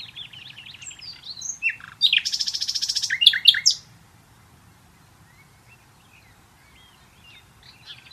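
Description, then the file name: Common nightingale song: assorted short notes, then a loud buzzing rattle of rapid pulses ending in sharp chirps, followed by soft scattered calls. "Luscinia megarhynchos"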